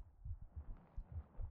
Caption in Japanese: こうやって心音なんて聞こうものなら寝てしまう。